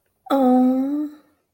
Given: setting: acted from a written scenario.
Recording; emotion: vocal sound without words; disappointment